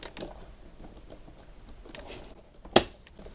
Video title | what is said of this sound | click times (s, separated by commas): How to fit eSpares Miele GN Type Vacuum Cleaner Bags | Making sure that the arrows are all lined up until you hear the click. | 2.8 s